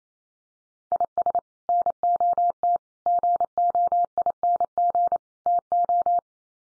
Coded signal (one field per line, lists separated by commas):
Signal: Morse code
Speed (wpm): 28 wpm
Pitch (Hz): 700 Hz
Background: none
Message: IS NOT GOING TO